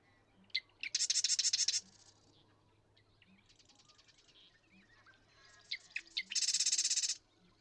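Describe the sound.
Marsh Wren song: two dry, rapid rattling trills about five seconds apart, each preceded by quick clicking notes, with softer chatter and a low steady hum between.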